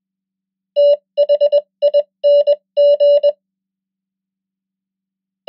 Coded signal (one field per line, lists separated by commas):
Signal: Morse code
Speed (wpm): 21 wpm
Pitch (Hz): 580 Hz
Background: none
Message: THING